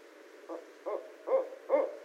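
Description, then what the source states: Barred owl hooting: four short, low hoots evenly spaced, growing louder, against a quiet background. Recorded on 18 January 2012.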